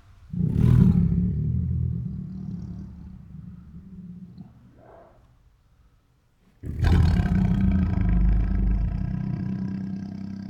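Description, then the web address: Tiger gives two long, deep rumbling growls, the first fading out slowly, the second starting abruptly after a brief pause. Female tiger making many protective growls. "Sound Ideas Tigers Sound Effects. Female Tiger Makes Many Protective Growls"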